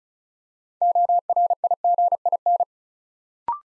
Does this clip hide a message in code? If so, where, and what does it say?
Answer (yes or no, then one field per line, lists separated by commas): yes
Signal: Morse code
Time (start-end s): 0.8-2.6 s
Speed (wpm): 36 wpm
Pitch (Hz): 700 Hz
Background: none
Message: ORIGIN